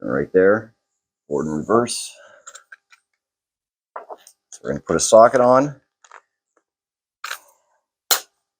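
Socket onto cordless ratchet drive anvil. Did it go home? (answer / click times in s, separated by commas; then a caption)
yes / 8.1 s. A steel socket is pushed onto the square drive anvil of a Ryobi P344 18V 3/8" cordless ratchet, set in reverse, until the detent ball catches. Someone talks over some light handling clicks, then a sharp metallic snap at 8.1 s marks the socket seating firmly in place.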